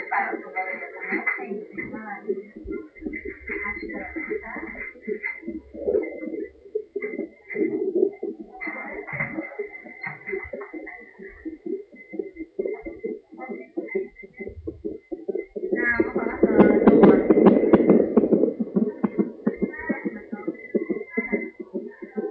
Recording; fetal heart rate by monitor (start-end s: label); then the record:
fetal heart sounds by stethoscope on the mother's abdomen
0.00-10.00 s: 138 bpm
10.00-20.00 s: 133 bpm
From the record:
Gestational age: 37 weeks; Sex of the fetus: girl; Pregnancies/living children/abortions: 1/0/0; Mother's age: 42 years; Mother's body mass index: 28.9